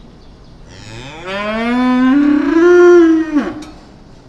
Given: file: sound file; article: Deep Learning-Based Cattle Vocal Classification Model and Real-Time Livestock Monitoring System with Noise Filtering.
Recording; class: cattle; estrus call